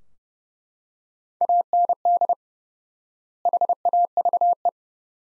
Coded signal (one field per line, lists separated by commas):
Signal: Morse code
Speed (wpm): 30 wpm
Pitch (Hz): 700 Hz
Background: none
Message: AND HAVE